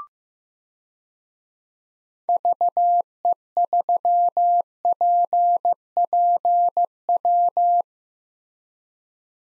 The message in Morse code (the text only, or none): VE3PPW